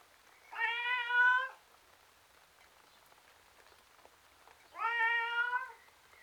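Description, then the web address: Domestic cat meowing, two long drawn-out wailing meows about four seconds apart, each steady and slightly rising, with quiet background between. Miserable tom cat outside. "The BBC Sound Effects Library - Complete 60 CDs Collection. Miserable Tom Cat Outside"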